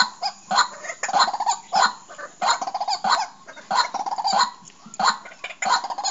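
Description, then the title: Bird giving rapid, chattering clucks in uneven bursts, sometimes broken into quick stuttered notes, repeating roughly once or twice per second. "Suara Burung"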